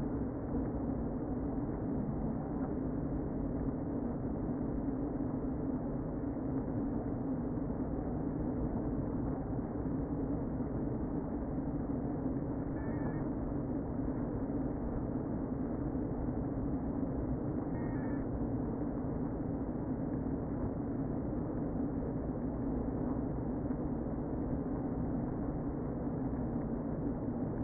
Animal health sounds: honeybee colony, microphone inside the hive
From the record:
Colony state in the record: queen present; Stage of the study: before two queens were removed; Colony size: about 60,000 bees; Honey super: yes

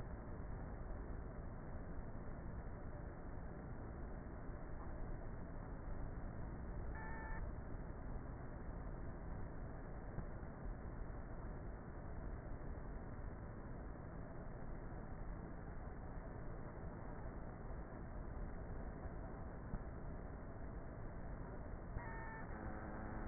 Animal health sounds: honeybee colony, microphone inside the hive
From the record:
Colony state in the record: queenless with a low population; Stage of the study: before two queens were removed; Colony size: about 30,000 bees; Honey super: no

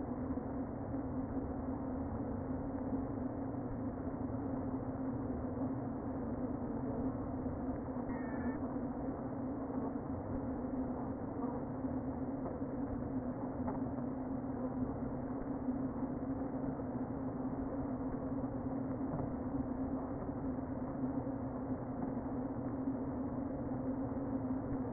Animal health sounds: honeybee colony, microphone inside the hive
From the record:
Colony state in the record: queen present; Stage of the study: before two queens were removed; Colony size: about 60,000 bees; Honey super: yes

